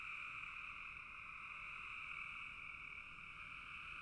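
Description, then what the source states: Frog chorus of many callers, a constant shimmering mass of rapid high croaks, level and unchanging throughout. Several frogs calling in a bog.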